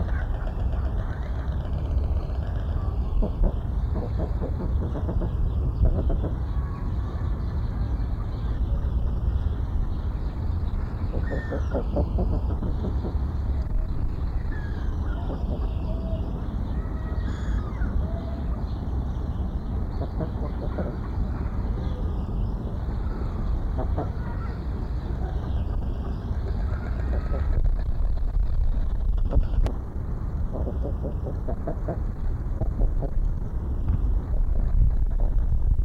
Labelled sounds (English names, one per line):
Common Eider call